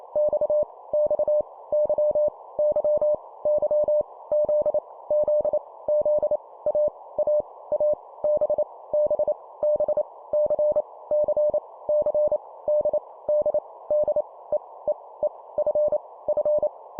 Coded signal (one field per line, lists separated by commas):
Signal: Morse code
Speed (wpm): 28 wpm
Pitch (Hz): 600 Hz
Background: none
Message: X X Y Y Y Z Z Z A A A B B B C C C D D D E E E F F